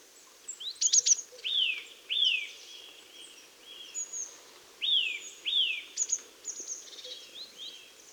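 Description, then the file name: Eurasian nuthatch giving several sharp down-slurred whistled calls, some in pairs, over a background of high-pitched chirping from other birds. "Sitta europaea"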